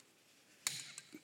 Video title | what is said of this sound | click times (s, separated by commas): Es wird Zeit für Winterreifen! Mit Vivien Konca bei PEARL TV (Oktober 2019) 4K UHD | das gehört das knacken | 0.7 s